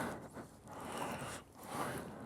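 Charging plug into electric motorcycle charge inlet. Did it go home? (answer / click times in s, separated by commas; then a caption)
no / none. A charging connector is being pushed into the charge inlet of an electric motorcycle. The 2.3-second clip holds broadband rustling and scraping handling noise that swells and dips, with no distinct impact. Nothing has seated or clicked yet.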